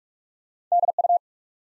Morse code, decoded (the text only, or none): D U